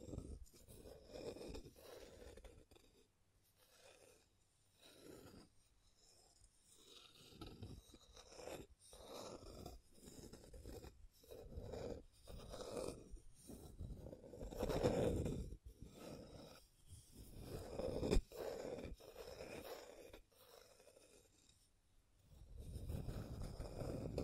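Scratching and tracing strokes rasp along in uneven bursts, each stroke a short, rough rub with a low, grainy body. A few sharp ticks cut in around the middle and near eighteen seconds, and a brief quiet lull comes just before the last louder strokes.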